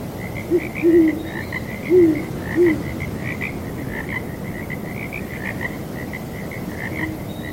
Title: Owls Hooting and Frogs on Breezy Night